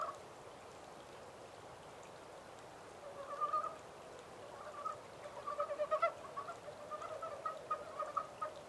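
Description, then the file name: Montane brown frog calls: after a quiet start, pulsed croaking bursts begin and become a run of quick rattling notes over background hiss. 14 April 2010. "yamaakagaeru-20100414"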